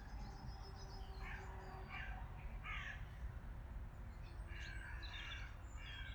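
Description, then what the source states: Ravens giving harsh, croaking calls in short bursts, mixed with chattering and whistled starling notes over a steady low background rumble. Ravens together with starlings; 18 March 2020.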